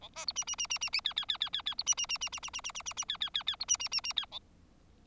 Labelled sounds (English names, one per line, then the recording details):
Bengalese Finch song
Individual Bird4